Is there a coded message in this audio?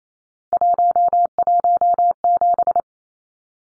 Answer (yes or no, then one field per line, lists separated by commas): yes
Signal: Morse code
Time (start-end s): 0.5-2.8 s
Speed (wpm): 28 wpm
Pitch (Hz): 700 Hz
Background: none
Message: 117